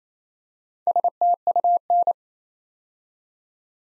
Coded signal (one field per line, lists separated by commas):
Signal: Morse code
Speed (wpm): 27 wpm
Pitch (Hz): 700 Hz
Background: none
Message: STUN